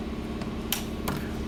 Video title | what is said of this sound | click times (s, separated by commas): FME Install 6 19 15 a | a port down here for the motor wire it'll click in you can hear it | 0.7 s